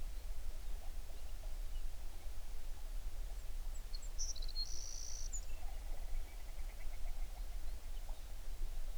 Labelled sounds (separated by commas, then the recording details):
songbird, grouse or ptarmigan
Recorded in the Prudhoe Bay oil fields, Alaska, on 11 June 2019 at 05:31
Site 21